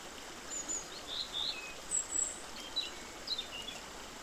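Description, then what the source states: Songbirds chirping, thin high twitters and short bright notes scattered throughout over a steady background hiss. Songbirds singing in the morning by the Črnomerečki stream in Zagreb, Croatia, 25 February 2024, described as a morning bird prayer.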